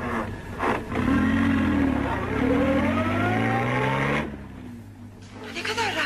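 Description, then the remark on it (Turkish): A car engine runs steadily with a low hum and rises in pitch as it revs, then drops off to a quieter idle near the end. “araba bu.”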